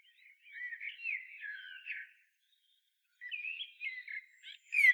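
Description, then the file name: Common blackbird singing two mellow, fluted warbling phrases separated by a pause, the second ending in thin, high-pitched squeaky twitters. "Turdus merula"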